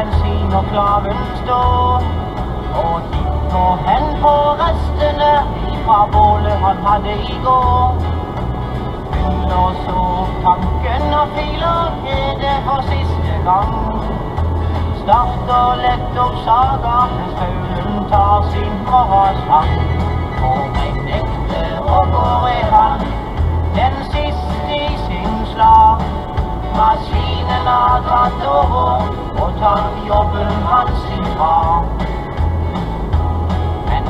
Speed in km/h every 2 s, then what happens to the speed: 74, 75, 75, 75, 76, 76, 75, 75, 75, 75, 74, 74, 74, 73, 73, 73, 73.
0-34 steady at about 75.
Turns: none.